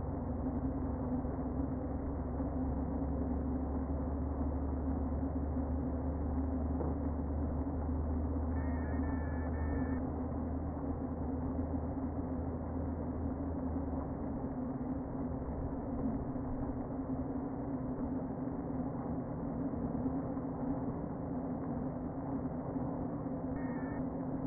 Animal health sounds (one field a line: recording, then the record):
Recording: honeybee colony, microphone inside the hive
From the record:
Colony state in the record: queen present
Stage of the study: before two queens were removed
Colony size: about 60,000 bees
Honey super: yes